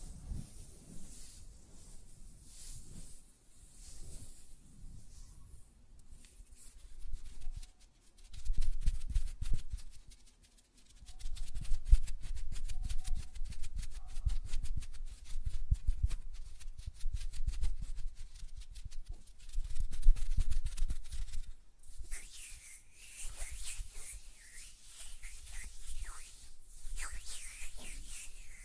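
Fingernails tap and flutter in quick, dense bursts, with soft low rubbing hand sounds; a brighter hissy rustle rises after about twenty-two seconds.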